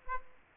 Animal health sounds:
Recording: mosquito wingbeat signal from an infrared sensor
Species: Aedes aegypti

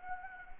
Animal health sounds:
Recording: mosquito wingbeat signal from an infrared sensor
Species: Anopheles arabiensis

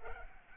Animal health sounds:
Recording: mosquito wingbeat signal from an infrared sensor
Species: Culex pipiens

